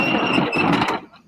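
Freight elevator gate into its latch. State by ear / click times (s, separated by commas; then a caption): not seated / none. A freight elevator gate is being pulled shut toward its latch after use, so it will lock in place for the next user. A steady broadband rattle and rumble of the moving gate runs for about a second, then fades into quiet. Nothing has seated or clicked yet.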